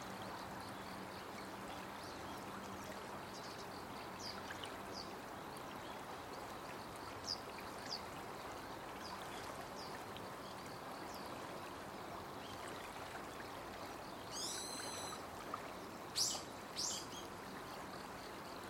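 A river flows steadily throughout, a dense, even rush of water that holds the same level for the whole stretch. Small bird chirps flick through now and then, and near the end a brighter run of quick calls stands out above the water.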